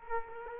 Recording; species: mosquito wingbeat signal from an infrared sensor; Culex quinquefasciatus